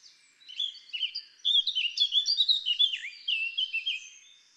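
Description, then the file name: Eurasian blackcap song: an energetic warble of tumbling whistles and chirps, most intense in the middle and tapering off at the close. "Sylvia atricapilla"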